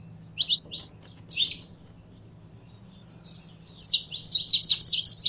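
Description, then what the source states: Canary song starting with scattered high chirps, then building into a rapid, rolling series of bright repeated notes toward the end. Purebred Belgian canary singing.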